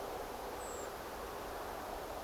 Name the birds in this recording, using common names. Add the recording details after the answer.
Redwing. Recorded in France